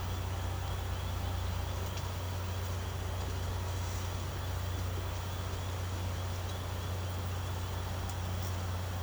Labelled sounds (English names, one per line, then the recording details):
none
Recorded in secondary vegetation near Puerto Asís, Putumayo, Colombia, on 24 March 2025 at 10:00
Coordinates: 0.468, -76.324
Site G059